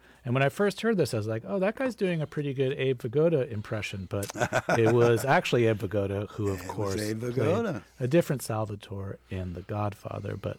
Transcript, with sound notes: And when I first heard this, I was like, oh, that guy's doing a pretty good Abe Vigoda impression. But... (Laughter). ...It was actually Abe Vigoda who, of course...
It was Abe Vigoda.
...Played a different Salvatore in "The Godfather."